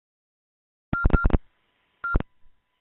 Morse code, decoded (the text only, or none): none